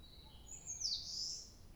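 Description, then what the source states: Bird call: a single bright, high note that drops sharply, then trails into a broader buzzy tone, over quiet low noise. 2 July 2023.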